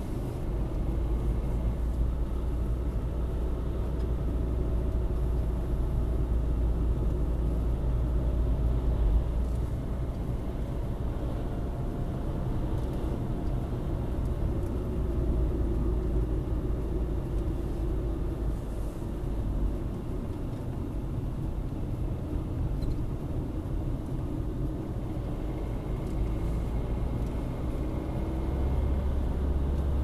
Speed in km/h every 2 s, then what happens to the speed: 43, 45, 45, 44, 45, 48, 48, 43, 43, 37, 30, 31, 32, 45, 52.
0-12 steady at about 45. 12-20 slows to 30. 22-30 speeds up to 52.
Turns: 18-24.